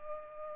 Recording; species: mosquito wingbeat signal from an infrared sensor; Culex pipiens